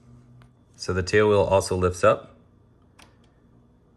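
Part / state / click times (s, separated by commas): tail wheel into tail of model plane / not seated / none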